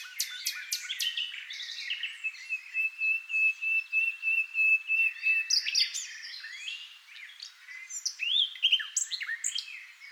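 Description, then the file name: Common nightingale song opening with sharp notes, then a long steady pure whistle, followed by varied rising and falling whistled phrases. "NIGHTINGALE MIX"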